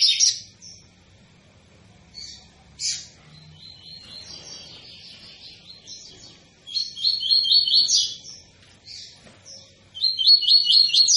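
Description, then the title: Double-collared seedeater song in several phrases of quick, buzzy, high repeated notes, separated by brief pauses and softer twitters. Tui-tui style song of a bird with strong vigour, used as a teaching song for young birds. "COLEIRO TUI TUI FIBRA"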